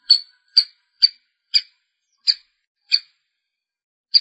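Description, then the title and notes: Long-tailed shrike song: sharp, clipped notes repeated roughly every half second, then a short pause before a final note. "Suara burung pentet"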